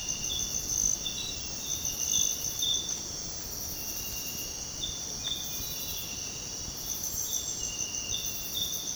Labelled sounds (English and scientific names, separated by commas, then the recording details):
none
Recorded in dense forest near Puerto Asís, Putumayo, Colombia, on 22 June 2025 at 05:30
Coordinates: 0.486, -76.317
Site G065